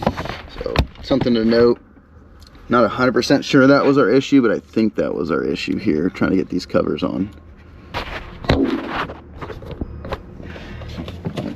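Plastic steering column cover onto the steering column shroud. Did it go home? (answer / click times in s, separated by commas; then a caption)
yes / 8.5 s. Plastic steering column trim covers are pushed onto the steering column shroud around the new hub of a KMP steering wheel on a BMW M2 while someone talks. A sharp plastic click at 8.5 s marks the cover popping into place, more nicely and more easily than before. Softer handling knocks follow.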